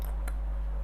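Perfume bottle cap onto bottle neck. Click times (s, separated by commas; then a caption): 0.0 s, 0.3 s. A cap is pressed onto the neck of a second Lattafa perfume bottle and clicks into place, with sharp clicks at 0.1 s and 0.3 s over a steady low hum. The cap is seated, so the bottle can be held by the cap.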